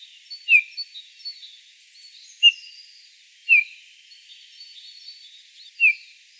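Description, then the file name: Eurasian bullfinch repeating a plaintive descending piped note four times, roughly one to two and a half seconds apart, over faint background twittering. "Pyrrhula pyrrhula"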